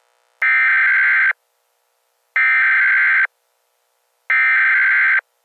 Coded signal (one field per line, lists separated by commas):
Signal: Emergency Alert System (SAME) tones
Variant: header bursts